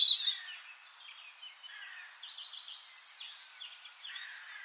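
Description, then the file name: European robin, a sequence of thin high warbled and trilled notes drifting between mid and high pitch, louder at the start then softer. "Erithacus rubecula"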